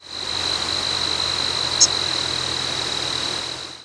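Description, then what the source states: Common yellowthroat giving a single brief, high, thin call near the middle, over a steady high tone and constant background hiss. Nocturnal flight call.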